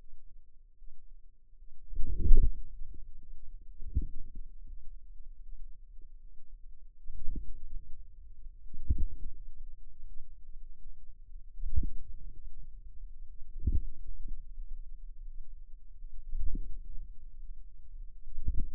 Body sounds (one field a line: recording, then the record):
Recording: forearm muscle sounds (acoustic myography)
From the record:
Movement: inward rotation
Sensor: system 2, bracelet of six BSWA MPA416 microphones around the upper forearm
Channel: 6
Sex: female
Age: 23 years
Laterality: right